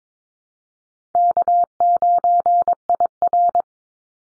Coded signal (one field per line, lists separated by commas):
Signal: Morse code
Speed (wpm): 22 wpm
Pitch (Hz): 700 Hz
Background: none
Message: K9IR